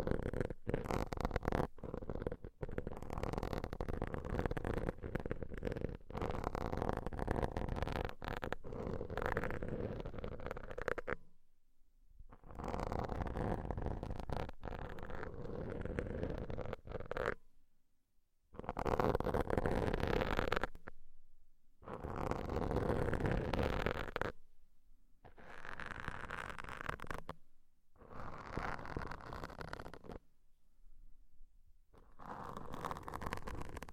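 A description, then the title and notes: Ear cleaning sounds: dense scratching, rubbing and crackling that runs almost continuously for the first ten seconds. After that it comes in bursts of a few seconds each, separated by short, complete silences, with a rough, papery texture throughout. ASMR Deep Ear Cleaning - Intense Ear Relaxation (No Talking).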